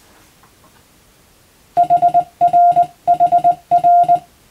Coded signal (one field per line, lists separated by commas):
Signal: Morse code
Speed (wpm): 21 wpm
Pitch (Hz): 700 Hz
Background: none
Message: HRHR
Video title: プロの無線従事者国家試験の練習風景！モールス電気通信術の実技試験、貴重な国家資格です。アマチュア無線ハムの受信練習にもどうぞ(morse code practice radio operator )